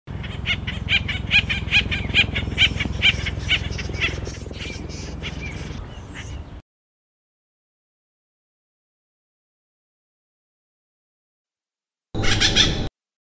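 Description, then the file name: Acorn woodpecker calling in a quick run of harsh, repeated notes for about six seconds, then silence and a short squawky burst at the end. "burung pelatuk acorn call song omkicau"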